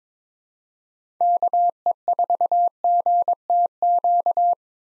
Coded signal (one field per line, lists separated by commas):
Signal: Morse code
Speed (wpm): 22 wpm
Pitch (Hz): 700 Hz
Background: none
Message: KE4GTQ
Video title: 2023 POTA Activator Call Signs - 22wpm